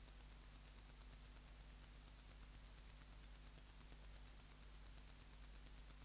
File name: Decticus verrucivorus